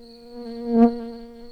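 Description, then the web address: Early bumblebee buzz: a steady, even hum with rich overtones that swells briefly near the middle before easing back to its earlier level. Workers. "bumblebees learning set sounds Pratorum-workers"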